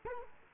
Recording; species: mosquito wingbeat signal from an infrared sensor; Culex quinquefasciatus